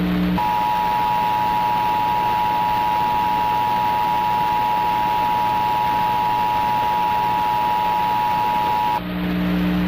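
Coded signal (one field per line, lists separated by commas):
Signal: Emergency Alert System (SAME) tones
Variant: 853 and 960 Hz attention tone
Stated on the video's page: Fictional PDS tornado warning scenario for Waukesha, made for a challenge.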